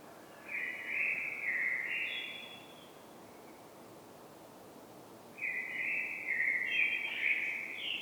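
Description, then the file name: Common blackbird singing two mellow fluted phrases separated by a few seconds of quiet, the second longer and more varied. "Turdus merula"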